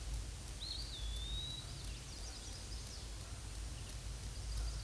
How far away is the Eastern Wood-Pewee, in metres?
about 45 m